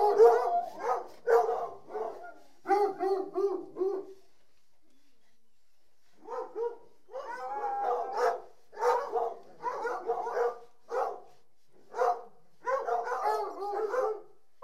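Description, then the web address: Dog barking in short bursts of rapid barks, a pause of about two seconds midway, then more bark groups resuming through the end. From the BBC Sound Effects Library, CD 38. "The BBC Sound Effects Library - Complete 60 CDs Collection Sound Effects Library-38 (Horses # 2 and Dogs)"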